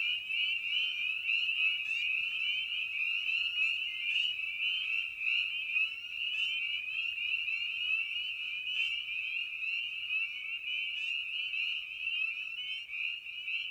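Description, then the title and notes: Somewhat softer spring peeper chorus of overlapping high, piping peeps, continuous throughout. Spring peepers recorded at a frog pond in the evening; presented in a modified format intended as a sleep aid. "Episode 5: Night of the Peepers. we return to the frog pond for a meditative evening. Species in Focus: Spring Peeper (Pseudacris crucifer). Written, recorded, and produced by Ian Carlsen"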